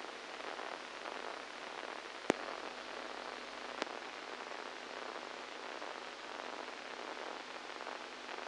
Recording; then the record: brain microelectrode recording played as sound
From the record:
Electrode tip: inside the subthalamic nucleus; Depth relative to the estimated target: -4 mm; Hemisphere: right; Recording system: NeuroSet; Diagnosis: Parkinson's disease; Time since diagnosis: 7 years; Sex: male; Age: 69 years